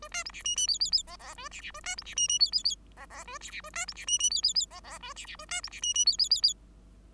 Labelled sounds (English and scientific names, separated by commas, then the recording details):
Bengalese Finch (Lonchura striata domestica) song
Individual Bird5